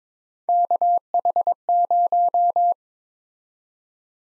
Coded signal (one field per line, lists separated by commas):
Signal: Morse code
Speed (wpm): 22 wpm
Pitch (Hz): 700 Hz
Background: none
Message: KH0